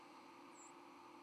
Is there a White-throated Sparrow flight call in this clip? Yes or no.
yes